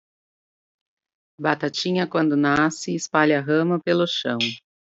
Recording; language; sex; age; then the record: short text; Brazilian Portuguese; female; 40 to 49 years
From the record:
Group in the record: control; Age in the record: 42 years